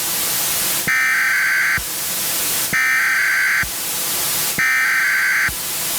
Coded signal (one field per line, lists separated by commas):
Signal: Emergency Alert System (SAME) tones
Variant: header bursts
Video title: EAS MOCK: TOR-E For Carrollton, KY